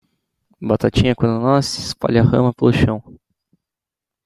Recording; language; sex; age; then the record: short text; Brazilian Portuguese; male; 20 to 29 years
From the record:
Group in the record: control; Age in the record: 25 years